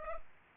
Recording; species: mosquito wingbeat signal from an infrared sensor; Culex pipiens